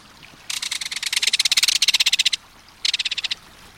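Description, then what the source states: Belted Kingfisher rattle, a harsh, rapid-fire string of metallic clicks lasting almost two seconds, followed after a brief gap by a shorter rattling burst. Reverberating, metallic, rapid-fire call, given while dashing through the air to warn intruders.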